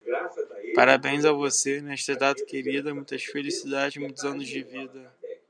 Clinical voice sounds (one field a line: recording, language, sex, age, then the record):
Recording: short text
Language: Brazilian Portuguese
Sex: male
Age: 20 to 29 years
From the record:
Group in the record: control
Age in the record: 22 years